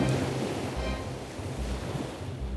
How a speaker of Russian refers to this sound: И, закипев страшней, река героя шумом поглотила.